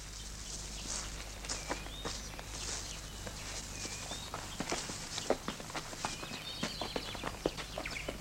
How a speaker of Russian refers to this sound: По лесу бегут